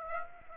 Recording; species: mosquito wingbeat signal from an infrared sensor; Aedes aegypti